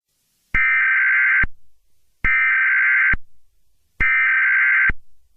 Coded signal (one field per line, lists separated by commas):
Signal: Emergency Alert System (SAME) tones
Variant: header bursts